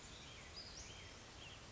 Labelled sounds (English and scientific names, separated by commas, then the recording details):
Western Flycatcher (Empidonax difficilis)
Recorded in Sonoma County, California